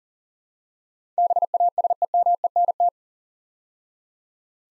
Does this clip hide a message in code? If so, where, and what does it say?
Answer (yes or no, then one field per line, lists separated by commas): yes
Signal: Morse code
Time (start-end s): 1.2-2.9 s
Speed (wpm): 37 wpm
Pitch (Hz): 700 Hz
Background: none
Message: BASEMENT